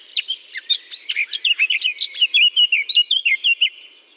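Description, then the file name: Eurasian blackcap delivering a brisk warble that settles into a string of loud, clear fluted whistles. Singing in holly. "chant de fauvette a tete noire dans houx"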